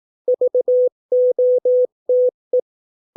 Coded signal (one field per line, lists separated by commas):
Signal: Morse code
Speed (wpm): 18 wpm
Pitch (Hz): 500 Hz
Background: none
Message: VOTE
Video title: 200 words 18 WPM (Morse code practice)